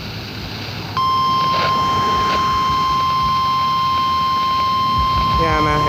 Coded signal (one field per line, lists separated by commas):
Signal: Emergency Alert System (SAME) tones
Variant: 1050 Hz attention tone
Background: speech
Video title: (EAS #70) Required Weekly Test